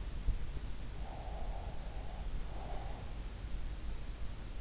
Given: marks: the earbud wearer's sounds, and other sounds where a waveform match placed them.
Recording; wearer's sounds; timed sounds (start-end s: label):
sounds in sleep by an in-ear microphone; breath
0.89-3.38 s: breath